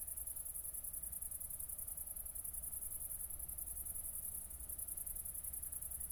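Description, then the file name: Cricket: a dense, steady high trill without clear breaks, set against a constant low background rumble. Recorded at Nordring, Kirchmöser, Brandenburg, Germany, on 4 August 2014 at night, around 00:53. "City Country Me Brandenburg Kirchmoeser Nordring Grillen 201408040053"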